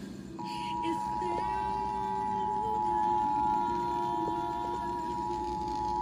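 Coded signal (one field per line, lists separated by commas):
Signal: Emergency Alert System (SAME) tones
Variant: 853 and 960 Hz attention tone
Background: speech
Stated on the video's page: Shasta County Required Monthly Test captured off FM station on 96.7.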